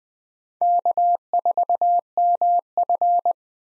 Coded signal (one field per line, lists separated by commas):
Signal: Morse code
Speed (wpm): 21 wpm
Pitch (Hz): 700 Hz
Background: none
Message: K4MF